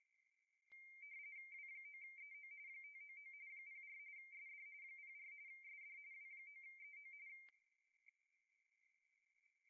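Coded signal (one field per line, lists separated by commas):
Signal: RTTY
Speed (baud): 45.45 baud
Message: W9EO 599 04 SD 04 SD W9EO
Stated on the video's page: RTTY FSK transmitted from an Icom 7300 in RTTY mode with RTTY filter, during a RTTY contest.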